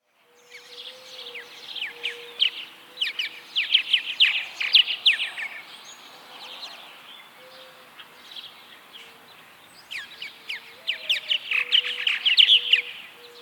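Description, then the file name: Purple Martin calls: bursts of rapid chirps and gurgling notes, a loud flurry in the first half and another near the end. "Progne subis - Purple Martin"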